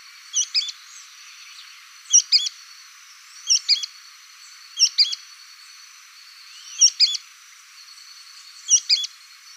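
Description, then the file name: Sooty-fronted spinetail repeating its brisk two-syllable song, high and clipped, six phrases spaced about one and a half to two seconds apart against a thin steady buzz. "canto do petrim"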